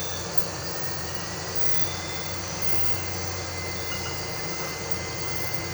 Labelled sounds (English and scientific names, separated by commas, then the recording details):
none
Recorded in pastures near Puerto Asís, Putumayo, Colombia, on 13 March 2025 at 00:30
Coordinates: 0.466, -76.322
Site CSA-02